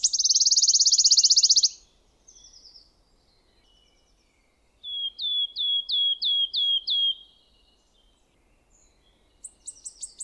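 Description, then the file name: Wood warbler song: a fast, high, shimmering trill at the start, then a series of six high, descending whistled notes, with faint extra notes near the end. "fluiter zang"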